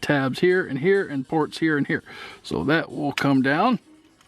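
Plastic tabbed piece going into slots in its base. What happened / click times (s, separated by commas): The tabbed part is being positioned but has not clicked home yet / none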